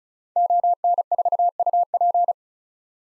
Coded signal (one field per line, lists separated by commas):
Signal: Morse code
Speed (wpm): 36 wpm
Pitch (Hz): 700 Hz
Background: none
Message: ON4UP